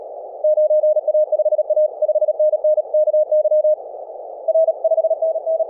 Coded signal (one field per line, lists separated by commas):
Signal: Morse code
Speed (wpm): 37 wpm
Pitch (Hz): 620 Hz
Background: none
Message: 9A5A 5NN KY R 5NN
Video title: dx calls practice